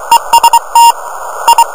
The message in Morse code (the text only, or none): EST I